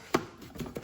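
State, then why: Seated. A plastic cowl trim panel on an Audi TT Mk1 is pressed so its last section clips onto the adjoining trim piece for a good seal. A sharp snap is heard at 0.1 s as the clip seats, followed by softer taps around 0.6 s and 0.8 s. The trim panel is clipped together.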